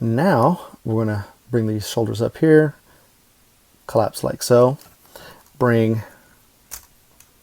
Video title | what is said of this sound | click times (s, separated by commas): TransForm Mission Revolt or Not Masterpiece Dragstrip Review | arm out and that will snap into place there and | 6.7 s